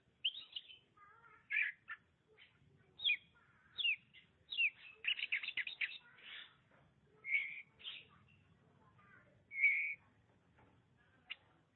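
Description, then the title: Oriental magpie-robin song, a varied run of sweet whistles, slurred notes and quick chattering bursts, delivered in short phrases with brief gaps throughout. "Suara Kicauan Burung Kacer Durasi Panjang"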